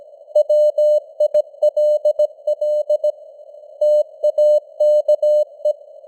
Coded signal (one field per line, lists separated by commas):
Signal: Morse code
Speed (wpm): 17 wpm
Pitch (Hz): 600 Hz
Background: none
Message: WILL TAKE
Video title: Morse Code News | 2025-10-16 | 17wpm